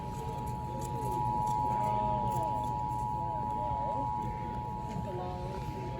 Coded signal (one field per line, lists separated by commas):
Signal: Emergency Alert System (SAME) tones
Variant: 853 and 960 Hz attention tone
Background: speech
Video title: SPRINGTIME TESTING... EAS Tests from 3/5/24 - 3/17/23 (EAS #3,757 - 3,790)